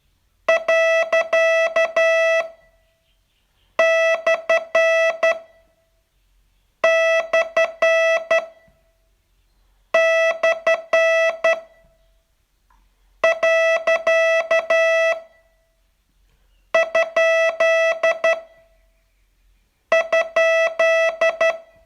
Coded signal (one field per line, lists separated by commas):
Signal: Morse code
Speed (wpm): 10 wpm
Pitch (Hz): 660 Hz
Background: music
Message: . / / / . ? ?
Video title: Learn Morse in 42 Days from VU2LAU - day 39